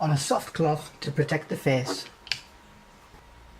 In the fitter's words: it like that it just clicks in a place with a magnet